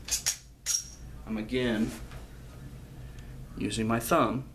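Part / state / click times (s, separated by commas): shotgun shells into tube magazine past shell stop / not seated / none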